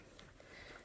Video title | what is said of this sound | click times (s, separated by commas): Breathing, Morning Meeting, & Doing Chores (Pre-K/Early Childhood) | it together and now I squeeze snap and | 0.2 s